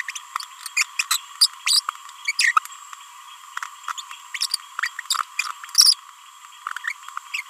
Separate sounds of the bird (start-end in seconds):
0.08-0.11, 0.15-0.19, 0.76-0.83, 0.99-1.02, 1.10-1.18, 1.41-1.47, 1.67-1.80, 2.27-2.32, 2.38-2.52, 2.56-2.59, 3.88-3.89, 3.97-4.02, 4.34-4.38, 5.39-5.41, 5.78-5.95, 6.87-6.93, 7.33-7.38